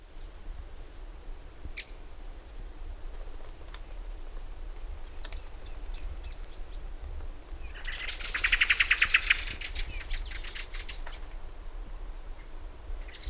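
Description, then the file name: Eurasian blackbird call: one loud, harsh, rattling chatter among faint high thin notes, over a steady low background hum. "Turdus merula"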